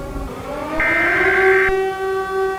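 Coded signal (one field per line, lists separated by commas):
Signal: Emergency Alert System (SAME) tones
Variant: header bursts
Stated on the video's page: Simulated alert scenario, generated with a DASDEC encoder.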